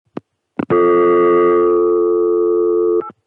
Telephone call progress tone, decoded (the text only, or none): dial tone